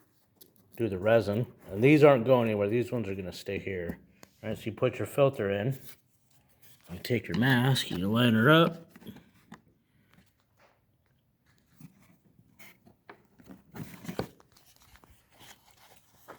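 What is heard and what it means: Someone talks while placing a filter and lining up a 3D-printed resin respirator mask body with its filter cover. Light handling taps and rubbing follow the speech, but nothing has seated or clicked yet.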